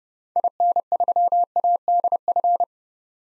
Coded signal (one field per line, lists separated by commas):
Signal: Morse code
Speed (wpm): 30 wpm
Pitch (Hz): 700 Hz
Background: none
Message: IN3ADF